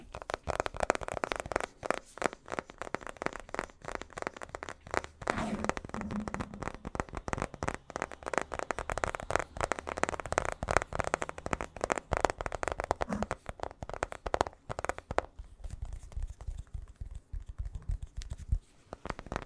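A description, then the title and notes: Rapid tapping runs throughout, dense, irregular clicks and knocks packed closely together at a steady level. Around five to six seconds and again near thirteen seconds a brief low hum or voice-like tone slips in, and the final few seconds turn thinner and quieter. TAPPING TRIGGER.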